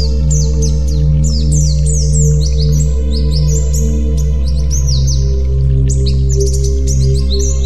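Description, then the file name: White-eye song, a dense run of high twittering, sliding whistled notes with barely a pause, set against a constant low droning hum. White-eye 'terapi' (therapy) song. "terapi pleci"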